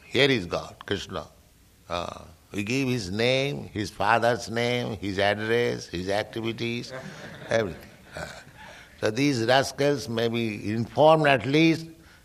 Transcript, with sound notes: Here is God, Kṛṣṇa. We give His name, His father's name, His address, His activities, [laughter] everything. So these rascals may be informed at least.